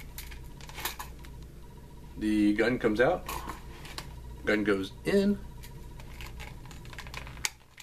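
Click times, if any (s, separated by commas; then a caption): 7.5 s. A metal snap fastener on the retention strap of a finished leather holster for a 3-inch S&W N-frame revolver is pressed shut after the revolver goes into the holster, so the snaps hold the gun in. Someone talks while soft handling taps and rustles continue. The snap closes with a sharp, loud click at 7.5 s and is seated.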